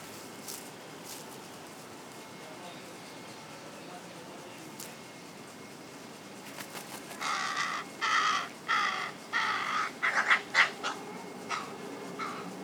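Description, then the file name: Carrion crow cawing: quiet for about seven seconds, then a run of hoarse, harsh caws in quick uneven bursts until the end. "Corvus corone"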